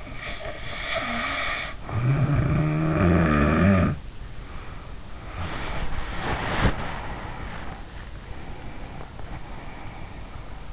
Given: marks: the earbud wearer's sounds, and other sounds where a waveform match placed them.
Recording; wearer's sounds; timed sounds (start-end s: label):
sounds in sleep by an in-ear microphone; snoring breath, breath, body movement
0.00-4.05 s: snoring breath
4.29-8.12 s: breath
5.21-6.76 s: body movement
8.15-10.73 s: breath